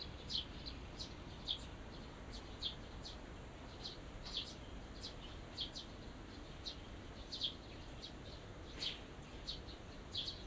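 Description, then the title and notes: Small birds calling with crisp high chirps in short clusters throughout, against a soft low rumble. Small birds singing in a small garden in a corner of Yushima Tenjin shrine, Tokyo, surrounded by buildings, recorded after rain; binaural recording. "小鳥のさえずり、雨上がりの庭園にて（Binaural）- Birds singing in the garden. 湯島天神の片隅にある小さな庭園で録音しました。"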